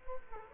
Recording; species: mosquito wingbeat signal from an infrared sensor; Culex quinquefasciatus